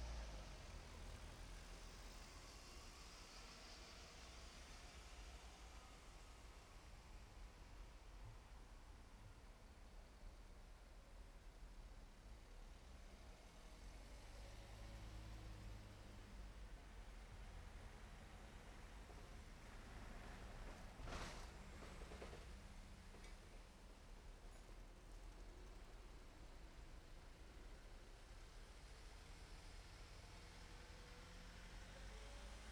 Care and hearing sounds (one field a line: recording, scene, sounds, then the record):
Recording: everyday scene through a hearing-aid microphone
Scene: in traffic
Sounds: traffic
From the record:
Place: main road on the outskirts, rush hour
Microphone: behind the ear, left, rear